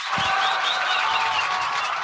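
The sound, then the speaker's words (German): A burst of crowd applause from the Instant Applause app plays steadily for about two seconds, a dense, bright wash of many hands clapping at once with a slightly canned, synthetic quality and no voices. “Das ist die Instant Applause App. Die macht umso mehr Beifall, je öfter du draufklickst.”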